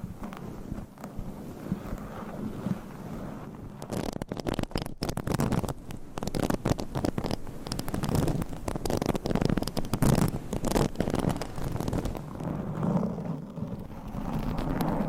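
Scratching and tapping sounds shift every few seconds over a low, muffled rumble. The first few seconds are softer and smoother, then from about 4 seconds dense, rapid clicks and scrapes cluster, thinning briefly near 12 seconds before picking up again.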